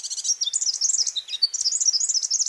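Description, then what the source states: Forest Double-collared Sunbird song: rapid high warbling twitters that jump up and down in pitch without pause for the whole stretch. Eastern African sky-island populations; the song sung today is probably very similar to that of long-lost ancestors and helps birds recognise their own species.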